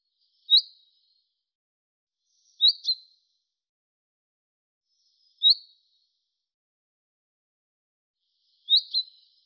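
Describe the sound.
Bird calls: four high chirps, single or doubled, spaced a few seconds apart over a quiet background.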